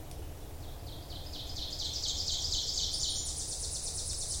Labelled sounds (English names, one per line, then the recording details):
Ovenbird song
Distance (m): 40 m
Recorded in boreal forest in Alberta, Canada, on 26 May 2016 at 08:00
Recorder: SongMeter 3, array SBT-3-15
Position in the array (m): 52 m, 221 m
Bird 20